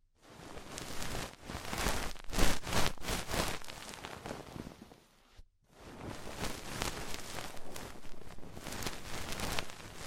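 Ear cleaning with rhinestone and clay removal: dense crackling, scratchy rustling with louder bursts near two and three seconds, a brief silence around five.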